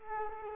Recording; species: mosquito wingbeat signal from an infrared sensor; Culex quinquefasciatus